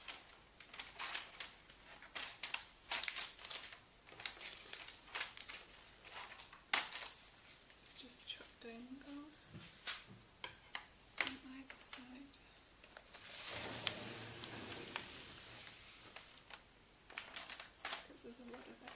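Paper crinkles and rustles in quick bursts as gifts are wrapped, with a longer steady rustle near 13 seconds and brief voices between.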